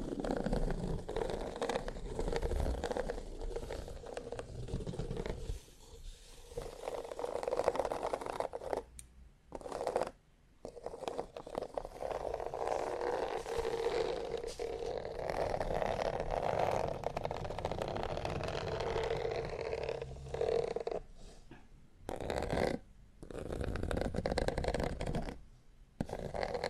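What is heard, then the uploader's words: Fingernails scratch and tap across textured leather, a dense, crackling rasp centered in the mids. The scratching runs in bursts with several abrupt silent breaks, near 9–10 seconds and again around 22–26 seconds, and occasional low thumps underneath. TimASMR-Needle Fingers & Textured Leather Scratching (NO TALKING).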